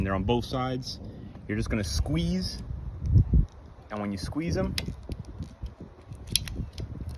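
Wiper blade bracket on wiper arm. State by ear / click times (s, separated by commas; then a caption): released / 6.4 s, 6.5 s. On a Ford F150, someone squeezes the tabs on both sides of the plastic wiper blade bracket mounted on the metal wiper arm while talking. Two sharp clicks at 6.4 s and 6.5 s mark the bracket popping open, which loosens the old wiper blade and releases it.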